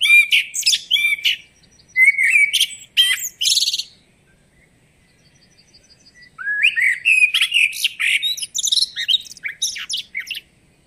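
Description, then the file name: Eurasian blackbird delivering bursts of warbling song with squeaky high twitters and fluty slurs. A silent gap of about two seconds falls before the final phrase. "Turdus merula"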